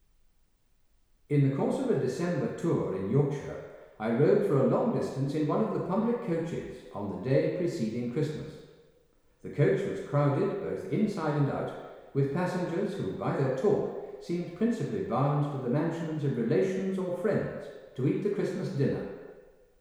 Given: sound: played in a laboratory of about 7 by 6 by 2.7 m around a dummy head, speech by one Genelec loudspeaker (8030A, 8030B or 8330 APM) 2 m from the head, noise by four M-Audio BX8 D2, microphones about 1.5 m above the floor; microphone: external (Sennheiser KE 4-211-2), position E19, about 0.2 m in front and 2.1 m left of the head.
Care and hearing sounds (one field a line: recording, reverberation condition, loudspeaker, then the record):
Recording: male speech in English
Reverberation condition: high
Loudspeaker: 60 degrees to the left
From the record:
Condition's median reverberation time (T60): about 1300 ms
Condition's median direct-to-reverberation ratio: about -4.0 dB